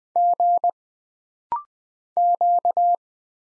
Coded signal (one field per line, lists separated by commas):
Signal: Morse code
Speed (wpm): 20 wpm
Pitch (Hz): 700 Hz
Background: none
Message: G Q